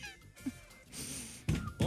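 Two short, loud, low-pitched bursts near the end, a male actor's cough after quiet room sound.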